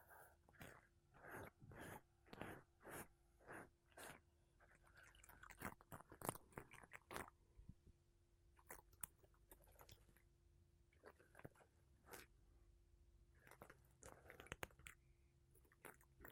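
Makeup brushes and a sponge rub across a mic in soft rhythmic swishes, regular at first, then scattered scratchy strokes over a faint steady hum.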